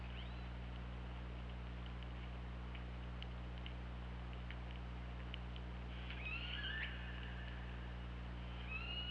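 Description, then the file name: Killer whale sounds: scattered sharp clicks during the first six seconds, then a wavering harmonic call and another tonal call starting at the end, over low steady hum. Recorded on the OrcaLab hydrophone, 24 August 2017, at 23:30:47. "Orca Lab UTLN JASON 20170824 233047 ORCALABDYNI"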